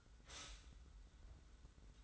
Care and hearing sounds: daily activity, microphone in the room; stop toaster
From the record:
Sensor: 3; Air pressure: 990.7 hPa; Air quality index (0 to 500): 157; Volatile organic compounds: 707 ppm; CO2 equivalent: 5048 ppm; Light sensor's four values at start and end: 38/89/36/34 and 38/89/36/34

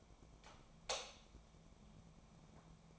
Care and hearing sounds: daily activity, microphone in the room; light off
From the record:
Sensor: 1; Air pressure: 1000.0 hPa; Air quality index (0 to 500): 129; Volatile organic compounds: 2 ppm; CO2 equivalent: 1218 ppm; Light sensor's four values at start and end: 38/101/41/50 and 35/88/37/45

